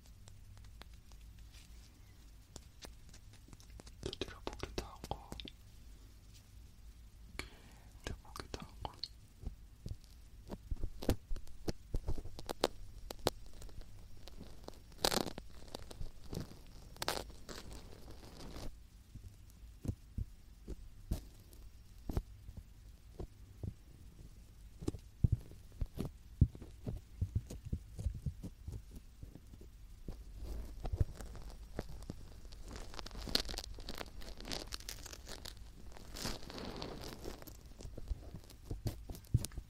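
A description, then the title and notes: Dried marshmallows are handled and tapped, giving a steady stream of irregular soft thumps and crisp little clicks. Crinkly rustling bursts come around five seconds and again near 33–36 seconds, over a quiet low hum. 말린 마시멜로우 만지작, 두드리기. Dried marshmallow touching , tapping sound.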